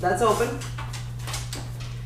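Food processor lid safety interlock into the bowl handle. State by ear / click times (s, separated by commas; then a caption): seated / 1.5 s. A food processor lid is turned until its safety interlock locks into the bowl handle. Someone talks briefly at the start, then a few faint scraping sounds play over a steady low hum. At 1.5 s a sharp click marks a metal trigger dropping into the handle, showing the lid is seated and the machine is locked and safe to run.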